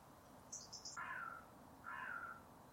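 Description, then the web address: Bird giving two drawn-out harsh rasping calls about a second apart, preceded by a few faint high chirps. "cianscape. Deverinetal 2025. Bird Only"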